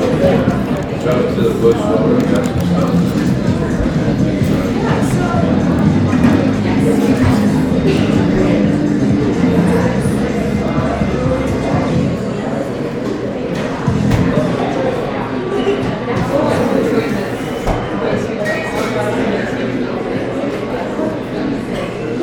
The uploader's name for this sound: Coffeeshop ASMR